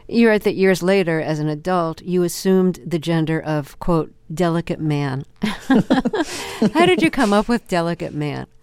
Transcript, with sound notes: You write that, years later, as an adult, you assumed the gender of, quote, "delicate man." (LAUGHTER) How did you come up with delicate man?